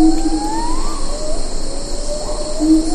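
Siamang whooping call, notes rising and falling, with constant insect buzzing in the background.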